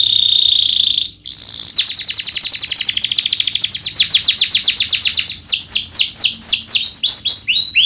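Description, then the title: Domestic canary song opening with a sustained high note, a short pause, then a long rapid rattling trill that breaks into loud repeated downslurred whistles. Lively singing canary with the best melodic twists (cengkok) and rich fill-in phrases (isian). "Kenari Gacor Cengkok Terbaik Isian Paling Mewah Kenarigacor Kicaumania Kenari"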